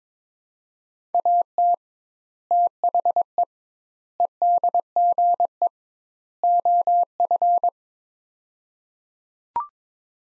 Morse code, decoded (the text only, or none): AT THE EDGE OF